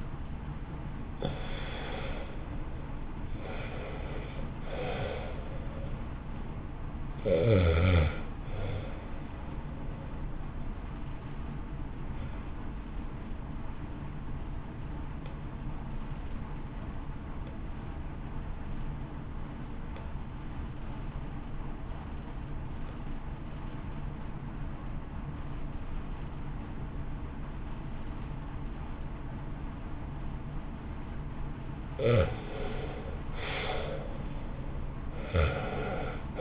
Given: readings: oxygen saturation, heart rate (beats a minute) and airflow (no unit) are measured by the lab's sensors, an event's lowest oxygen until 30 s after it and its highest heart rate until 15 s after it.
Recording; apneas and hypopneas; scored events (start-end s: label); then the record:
breathing in sleep by a smartphone at the bedside; 1
16.00-32.30 s: obstructive apnea (REM, oxygen 92% highest, then 67% lowest, heart rate 53 at the start, 68 highest)
From the record:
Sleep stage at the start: REM sleep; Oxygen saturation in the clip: 74 to 93%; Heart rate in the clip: 52 to 76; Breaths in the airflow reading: 6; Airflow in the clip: -1.2 to 0.9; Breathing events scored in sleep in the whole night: 328 in 6.3 hours asleep